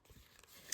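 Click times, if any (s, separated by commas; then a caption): 0.7 s. A brushed brass snap button on a cotton-print card pouch is pressed closed by hand. After soft handling rustles, including small ticks around 0.4 s, a sharp snap lands at 0.7 s as the button seats shut.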